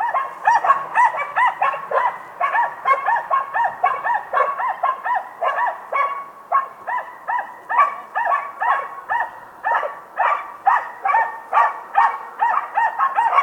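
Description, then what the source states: Dogs barking, several animals overlapping in a steady, busy stream of short barks that continues throughout. Distant dogs barking.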